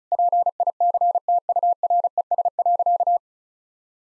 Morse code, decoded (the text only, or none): PICTURES.